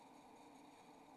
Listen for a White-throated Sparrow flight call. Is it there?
no